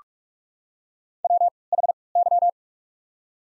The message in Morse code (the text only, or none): WHY